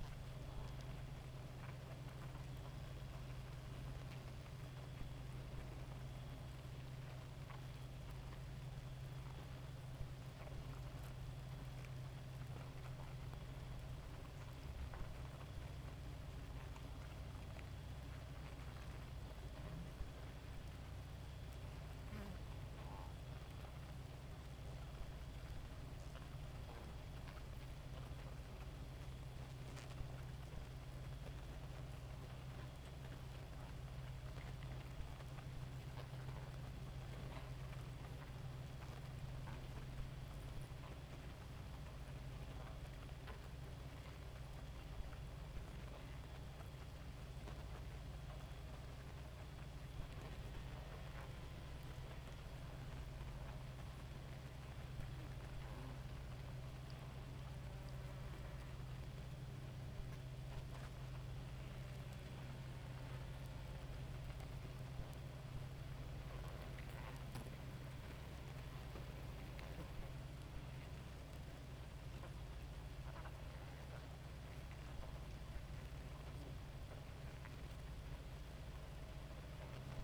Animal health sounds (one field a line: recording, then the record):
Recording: honeybee colony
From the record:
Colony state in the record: active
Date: 28 July 2017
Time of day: 2:22